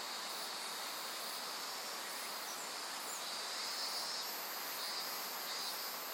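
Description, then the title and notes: Insects trilling steadily in a high whining band while higher-pitched buzzes start and stop, beneath broad, unbroken rushing water. Various insects calling in a forest of dense trees beside the Azusa River, Shinano River system, Shinshu. "信州、川の森の音. 信濃川水系、梓川. 川のそばには木々が生い茂る森があり、いろんな虫たちの声を聴くことができました。"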